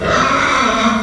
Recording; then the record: squeal of a Yucatan mini pig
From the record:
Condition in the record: after surgery on the right vocal fold (resection and tissue-engineered implant); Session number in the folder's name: 15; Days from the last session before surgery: 175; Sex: female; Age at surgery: 19 weeks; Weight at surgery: 25 kg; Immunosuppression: prednisolone